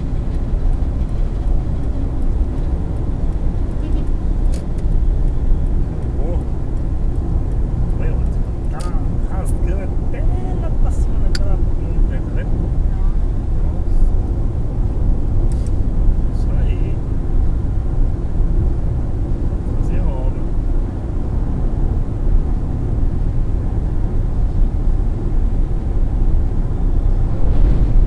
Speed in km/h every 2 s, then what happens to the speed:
85, 90, 94, 96, 97, 97, 98, 98, 98, 100, 101, 100, 100, 98.
0-7 speeds up to 97. 7-28 steady at about 98.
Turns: none.